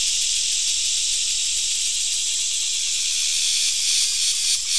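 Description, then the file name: Crickets trilling together in a shrill, unbroken high chorus with quick pulsing. Crickets, more than one. "Digiffects Sound Effects Library - Crickets and a Cicada"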